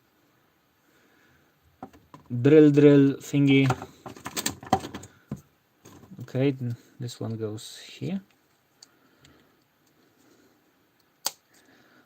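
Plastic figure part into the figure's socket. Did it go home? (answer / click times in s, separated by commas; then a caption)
yes / 11.3 s. A part of a bootleg plastic figure kit is pushed into its socket on the figure while someone talks. After the talking stops and a few faint ticks, it snaps into place with a single sharp click at 11.3 s.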